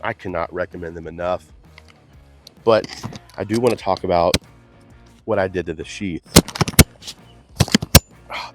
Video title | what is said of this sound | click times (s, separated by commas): Blade Show Texas 2025 Haul! The Clingman, TKELL & More Epic EDC Finds | Oh, that audible click is so nice. | 8.0 s